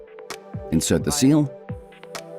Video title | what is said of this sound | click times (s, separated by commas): Knipex 2025-ös újdonságok a Zorexnél! | Insert the plug until it clicks into place. | 0.3 s